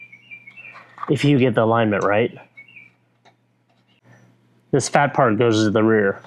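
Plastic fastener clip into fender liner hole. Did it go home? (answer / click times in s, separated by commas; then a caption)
no / none. A plastic fastener clip is lined up and oriented over a hole in the fender liner of a 2025 Toyota 4Runner during a Rally Armor mud flap installation, with its fat part set toward the rear before being pushed in. Someone talks in two bursts, with faint chirpy background sounds and a few small taps between them. The clip has not clicked or seated yet.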